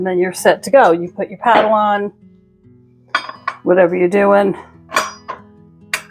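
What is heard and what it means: A flat paddle beater is pushed onto a stand mixer's attachment shaft and seats with a sharp metallic click at 5.9 s. Someone talks before it, and earlier clinks come from handling the parts.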